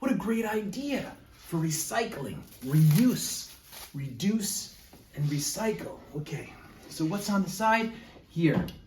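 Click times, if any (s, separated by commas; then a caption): none. A rotating disc diaphragm in a microscope stage is handled while someone talks throughout. The diaphragm wheel is meant to click from one aperture hole into each detent, but nothing has seated or clicked yet in this clip.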